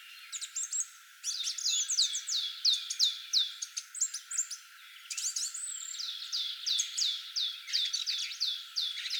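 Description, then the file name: Great tit calling in rapid runs of bright, descending high notes, almost continuous. "Parus major"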